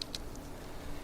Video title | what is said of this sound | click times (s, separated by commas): Power Chair Installation.. | and you're going to shove it, you're going to click it, push it until it clicks, then you're going to shove it in here like that | 0.0 s, 0.1 s